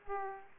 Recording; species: mosquito wingbeat signal from an infrared sensor; Aedes aegypti